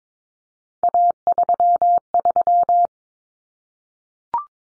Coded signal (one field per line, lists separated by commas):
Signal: Morse code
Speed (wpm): 22 wpm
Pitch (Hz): 700 Hz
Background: none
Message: A33